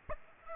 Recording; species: mosquito wingbeat signal from an infrared sensor; Aedes aegypti